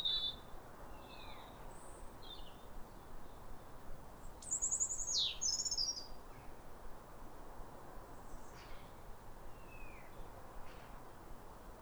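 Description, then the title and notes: European robin song: sharp, very high twittering phrases, one longer trilled run midway, spaced by quiet gaps and faint lower notes, over a low hum. Pair of robins in neighbouring gardens singing in reply to each other at a clear, calm, rosy sunrise after weeks of rain, New Year, midwinter. "Be uplifted by a chorus of New Year's robins. A pair of robins in neighbouring gardens welcome the early sun with wistful phrases as if chatting over the fence. It's a duet to warm the soul in the depths of winter. Recorded by Fergus Collins"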